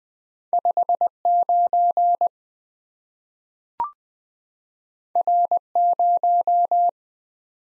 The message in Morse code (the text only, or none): 59 R0